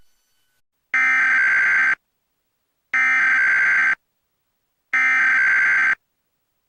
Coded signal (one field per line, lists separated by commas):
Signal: Emergency Alert System (SAME) tones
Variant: header bursts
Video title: EAS Mock: Snowstorms.. In a middle of Spring.. (Requested)